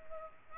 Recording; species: mosquito wingbeat signal from an infrared sensor; Culex pipiens